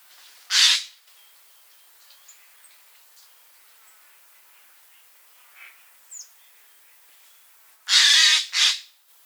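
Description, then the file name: Eurasian jay giving harsh, rasping screeches: one near the start, then a quick double screech after a long quiet gap, with faint bird calls in between. "Garrulus glandarius"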